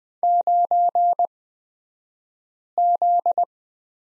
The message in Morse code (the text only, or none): 9Z